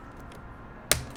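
A plastic LEGO element is pushed home into the model assembly of the Set 10300 Back to the Future DeLorean Time Machine. After a quiet stretch, a single sharp, loud click sounds at 0.9 s as its second click. The element is seated.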